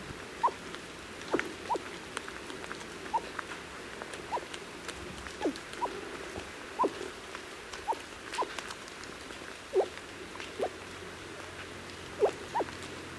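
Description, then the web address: Mikado pheasant giving short, sharp clicking notes at irregular intervals, about one per second, over a steady soft background hiss. Male, recorded at Yushan. "黑長尾雉雄 Yushan"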